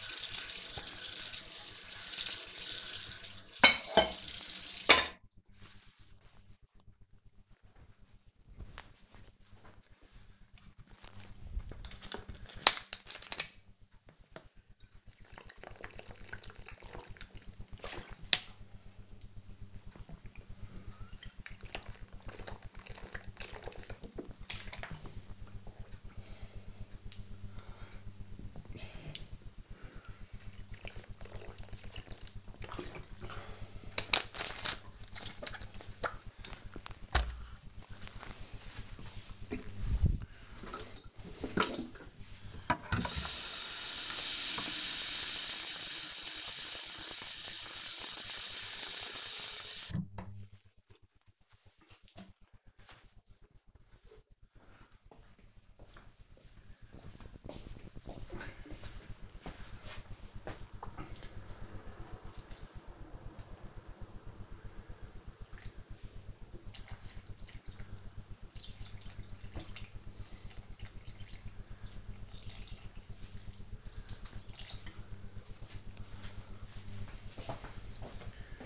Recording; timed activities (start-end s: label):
household activities, microphone on the right wrist
0.00-4.31 s: washing dishes
12.39-33.53 s: drinking
39.58-78.66 s: watering plant